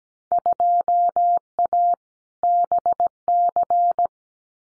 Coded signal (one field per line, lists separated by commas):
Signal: Morse code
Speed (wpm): 17 wpm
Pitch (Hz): 700 Hz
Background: none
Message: 2A BC